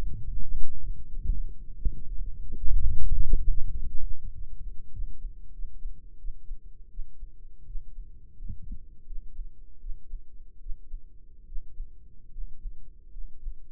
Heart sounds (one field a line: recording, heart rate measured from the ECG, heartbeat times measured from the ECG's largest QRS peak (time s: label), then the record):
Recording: heart sounds by microphone in the right ear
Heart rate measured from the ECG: 84 bpm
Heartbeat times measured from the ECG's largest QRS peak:
0.28 s: heartbeat
1.05 s: heartbeat
1.74 s: heartbeat
2.38 s: heartbeat
3.04 s: heartbeat
3.68 s: heartbeat
4.30 s: heartbeat
4.90 s: heartbeat
5.51 s: heartbeat
6.16 s: heartbeat
6.88 s: heartbeat
7.64 s: heartbeat
8.36 s: heartbeat
9.04 s: heartbeat
9.78 s: heartbeat
10.58 s: heartbeat
11.45 s: heartbeat
12.30 s: heartbeat
13.10 s: heartbeat
From the record:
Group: healthy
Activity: rest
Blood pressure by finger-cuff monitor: 117/67 mmHg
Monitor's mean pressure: 78 mmHg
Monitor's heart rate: 78 bpm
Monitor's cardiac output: 5.8 L/min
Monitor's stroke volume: 72 mL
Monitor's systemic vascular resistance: 930 dyn s/cm5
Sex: male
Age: 20 years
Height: 167 cm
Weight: 61 kg